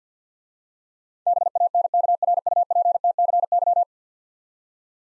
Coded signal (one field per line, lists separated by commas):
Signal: Morse code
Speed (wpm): 48 wpm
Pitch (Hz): 700 Hz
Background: none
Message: BANKRUPTCY